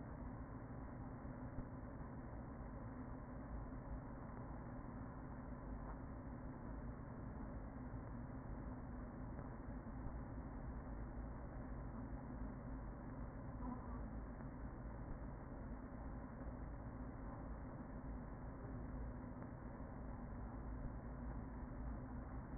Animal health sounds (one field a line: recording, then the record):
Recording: honeybee colony, microphone inside the hive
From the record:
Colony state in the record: queen present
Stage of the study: after two queens were removed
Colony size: about 40,000 bees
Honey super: no